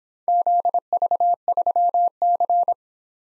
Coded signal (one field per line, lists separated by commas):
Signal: Morse code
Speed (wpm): 24 wpm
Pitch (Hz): 700 Hz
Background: none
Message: ZV3C